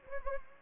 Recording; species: mosquito wingbeat signal from an infrared sensor; Anopheles gambiae